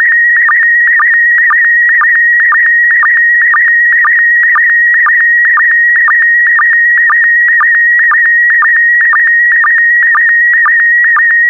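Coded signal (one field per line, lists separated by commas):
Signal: SSTV (slow-scan television)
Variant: PD120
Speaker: Get ready. Starting transmission in 5, 4, 3, 2, 1. Transmission complete. You can now check your decoded image against the picture that is shown on the video.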